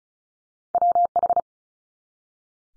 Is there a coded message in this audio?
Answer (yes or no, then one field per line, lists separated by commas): yes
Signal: Morse code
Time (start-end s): 0.7-1.4 s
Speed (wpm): 36 wpm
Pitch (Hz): 700 Hz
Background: none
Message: WH